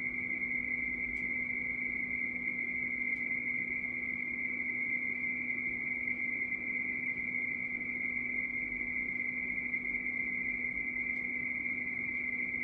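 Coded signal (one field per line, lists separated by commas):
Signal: RTTY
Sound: continuous warbling two-tone chatter near 2 kHz with a low hum underneath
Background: radio static, hum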